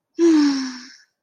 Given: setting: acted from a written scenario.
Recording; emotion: vocal sound without words; contentment